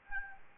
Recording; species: mosquito wingbeat signal from an infrared sensor; Aedes albopictus